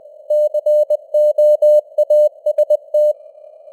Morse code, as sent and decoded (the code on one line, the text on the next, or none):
-.-. --- .- ... -
COAST